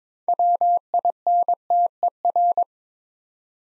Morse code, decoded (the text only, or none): WINTER